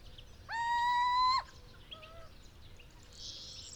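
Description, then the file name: Little owl giving one long, level hoot that rises slightly at the end, followed by a few faint, short, softer calls against quiet background noise. Male of the saharae subspecies, hooting, recorded in Morocco. "Cucumiau Hooting of male saharae Morocco"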